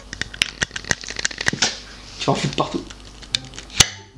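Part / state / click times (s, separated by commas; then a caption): metal screw lid on a glass pickle jar / released / 3.8 s. A metal screw lid is twisted off a sealed glass pickle jar, and its vacuum safety button pops open with a sharp click at 3.8 s. This little click shows the jar is genuinely sealed and not a fake. Before it, someone talks over a run of sharp ticks and rattles.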